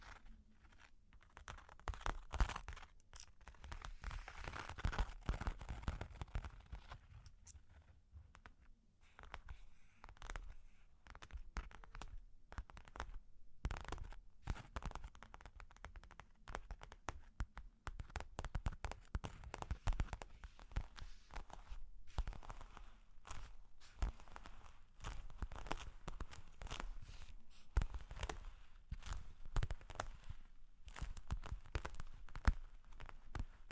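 Long claws tap and scratch in a busy, irregular stream of sharp clicks that runs the whole time. A rougher, denser stretch of scraping comes early, around the fifth second, then crisp, uneven taps dominate with occasional louder knocks.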